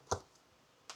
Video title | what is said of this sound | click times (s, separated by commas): VECELO Tilt Out Laundry Hamper Storage Cabinet | And that is how simple it is to lock into place. | 0.1 s, 0.9 s